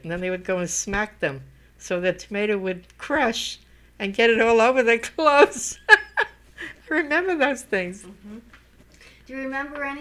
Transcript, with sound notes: And then they would go and smack them so the tomato would crush and get it all over their clothes. [Laughs] I remember those things.
Do you remember anything..?